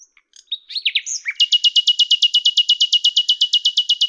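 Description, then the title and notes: Common nightingale song: brief varied notes leading into a loud, steady, rapid series of identical sharp chirps that continues to the end. Recorded at Lavours, Ain, France on 10 May 1998 with a Tascam DAP-1 and Télingua microphone; edited in Samplitude 5.1. "D83, 01350 Lavours, France - rossignol à LAVOURS. 10/05/1998"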